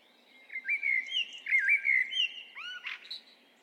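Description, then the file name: Eurasian blackbird song: a melodious, flowing warbled phrase ending in sharp, high squeaky notes, over a soft steady background hiss. "Turdus merula"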